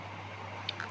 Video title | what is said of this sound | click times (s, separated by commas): bike disc lock Unboxing | lock అవుతుంది | 0.7 s